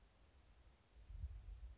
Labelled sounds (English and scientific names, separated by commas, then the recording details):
Blue-gray Gnatcatcher (Polioptila caerulea)
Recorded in Sonoma County, California